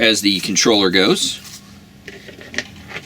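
A light bar controller's connector is pushed into its mating plug on the 22-inch LED light bar harness while someone talks. After the talking stops, small handling sounds lead to a sharp hit at 2.6 s as the connector seats, and it is plugged in.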